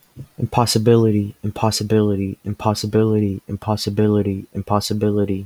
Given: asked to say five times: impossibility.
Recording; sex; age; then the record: repeated word; male; 20 to 29 years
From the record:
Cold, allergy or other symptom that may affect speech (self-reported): no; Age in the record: 22 years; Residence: Georgia, United States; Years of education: 16